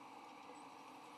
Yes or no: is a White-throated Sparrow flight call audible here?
no